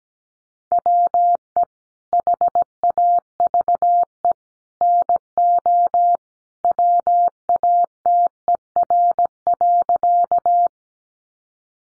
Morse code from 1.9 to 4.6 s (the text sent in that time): HAVE